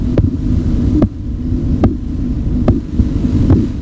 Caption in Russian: На артерию ниже манжеты нужно поместить стетоскоп. По мере падения давления в манжете появляется похлопывающий звук. В момент, когда давление манжеты соответствовало систолическому давлению. Коротков называл это первой фазой.